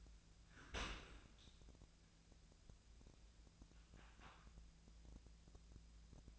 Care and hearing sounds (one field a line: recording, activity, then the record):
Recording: daily activity, microphone in the room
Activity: open dishwasher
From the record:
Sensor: 2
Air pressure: 1000.4 hPa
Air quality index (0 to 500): 164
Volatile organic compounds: 3 ppm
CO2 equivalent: 1366 ppm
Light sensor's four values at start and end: 13/34/13/15 and 13/34/13/15